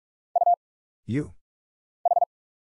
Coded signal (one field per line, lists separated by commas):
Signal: Morse code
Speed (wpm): 44 wpm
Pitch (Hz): 700 Hz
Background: none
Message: U H